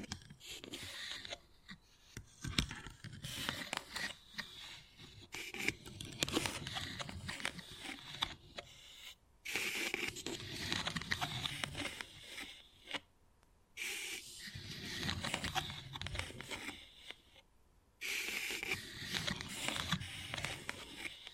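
Wood carving: dense bursts of scraping and scratching against wood, with quick tapping mixed in. The work comes in uneven stretches of a few seconds each, broken by short silent gaps near 9, 13.5 and 18 seconds, each followed by a sharper start.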